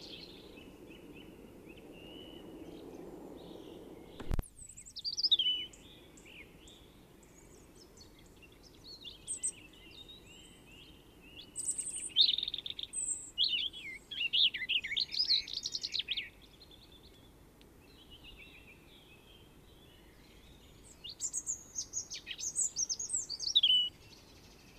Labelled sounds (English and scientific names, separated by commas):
European Robin (Erithacus rubecula) song